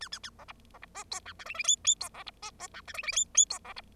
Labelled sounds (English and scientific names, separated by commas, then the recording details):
Bengalese Finch (Lonchura striata domestica) song
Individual Bird0